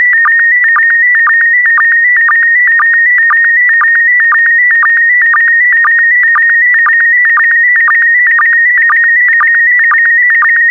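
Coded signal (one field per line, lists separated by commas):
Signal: SSTV (slow-scan television)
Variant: PD120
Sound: steady warbling tone near 2 kHz with regular short low blips about twice a second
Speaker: complete you can now check your decoded image against the picture that is shown on the video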